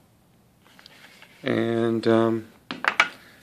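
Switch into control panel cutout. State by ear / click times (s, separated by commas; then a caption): seated / 2.9 s, 3.0 s. A rocker switch is pressed into its cutout in the control panel of a homemade metal-cutting band saw built with a treadmill motor. Someone talks briefly, then sharp snaps land at 2.9 s and 3.0 s as the switch seats firmly in place.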